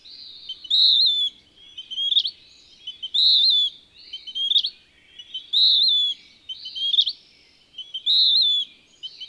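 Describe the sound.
Bird song: several high phrases, a wavering whistle alternating with a chatter that ends in a sharp upward sweep, the pair repeating about every two and a half seconds.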